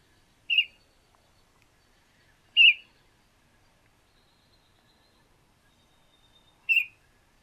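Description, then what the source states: Red-whiskered bulbul calls: three short, sharp, slightly buzzy notes, spaced two to four seconds apart, in a quiet background. Juvenile bird, recorded 20 May 2012.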